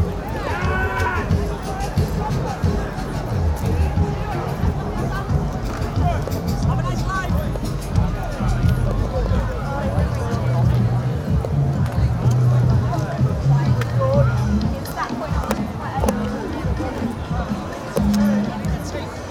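A night walk through the Glastonbury festival grounds, with a steady, dense babble of many voices all around and no pauses. Low rumbling and thumping sit underneath throughout, with short bright calls and whistles rising out of the crowd now and then.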